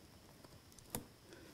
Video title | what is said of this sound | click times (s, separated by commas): Laptop Screen Replacement HP Elitebook 8540w with screen purchase from http://www.screencountry.com | it goes snapped right in I'm | 1.0 s